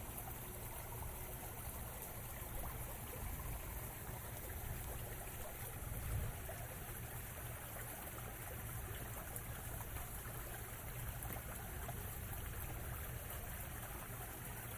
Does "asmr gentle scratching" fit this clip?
no